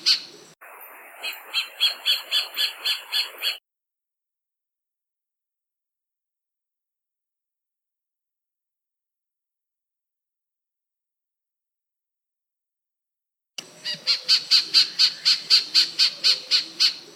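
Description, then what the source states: White-faced robin song: a fast series of even, high notes, then a long silence, then another similar rapid bout near the end. Recorded in Papua New Guinea.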